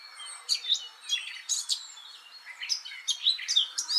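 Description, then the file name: Eurasian blackcap giving a softer warble of short high chirps and whistled notes in quick bursts, over a light hiss of background noise. "Sylvia atricapilla"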